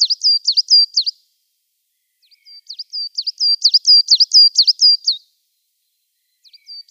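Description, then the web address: Coal Tit song: thin, high repeated double notes in quick strophes, one short, one long and a final fragment, with pauses between. "Schulze Peter Coal Tit song"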